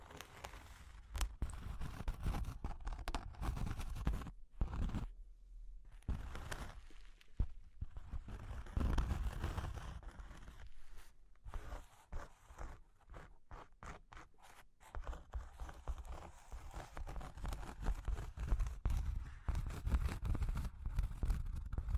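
Scratching, tapping and tracing on cork and wood, a dense run of short rasping strokes and knocks that barely lets up. Brief silences fall near 5 and 11 seconds. Low thumps sit under the bright scraping throughout, with sharper taps scattered between.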